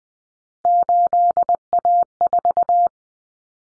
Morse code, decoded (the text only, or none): 8A4